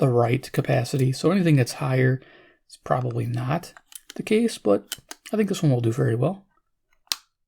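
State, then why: Seated. Someone talks, then presses the plastic battery cover of a Prunus J-288 AM FM stereo portable radio shut after putting its rechargeable battery back in. A sharp, loud click at 7.1 seconds shows the cover has clicked back into place.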